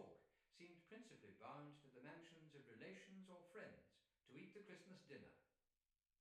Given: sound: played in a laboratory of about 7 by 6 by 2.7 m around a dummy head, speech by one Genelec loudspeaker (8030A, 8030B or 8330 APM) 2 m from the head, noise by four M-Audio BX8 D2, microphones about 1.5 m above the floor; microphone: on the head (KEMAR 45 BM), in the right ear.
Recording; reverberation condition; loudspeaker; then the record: male speech in English; medium; 90 degrees to the left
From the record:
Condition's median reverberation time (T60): about 510 ms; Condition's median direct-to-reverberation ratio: about -0.5 dB